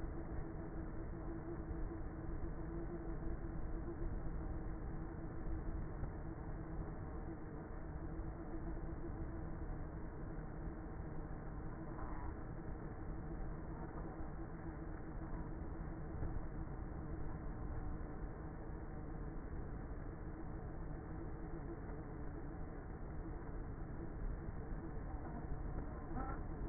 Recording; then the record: honeybee colony, microphone inside the hive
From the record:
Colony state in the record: queenless with a low population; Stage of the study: before two queens were removed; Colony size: about 30,000 bees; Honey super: no